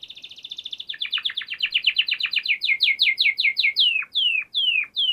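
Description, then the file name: Canary song opening with a rapid high trill, then a series of sweeping downward whistled notes slowing toward the end. Canary song used for training other birds (masteran). "Suara Burung Kenari untuk Masteran"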